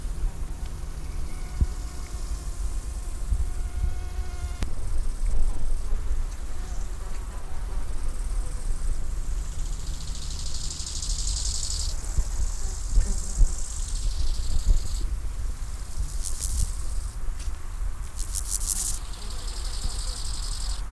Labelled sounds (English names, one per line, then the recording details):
Bow-winged Grasshopper stridulation
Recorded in the wild
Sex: male
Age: imago
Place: Groß Schönebeck, Schorfheide, Brandenburg, DE
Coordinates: 52.91, 13.53
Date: 1996-08-02 16:00
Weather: heiter, 22°C
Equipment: Sony MD-WM MZ-R3, Sennheiser ME 80, Kopie Uher 4000 Report Monitor
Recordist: Tembrock, Günter
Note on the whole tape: Männchen: Stridulation. Ansage: C.dorsatus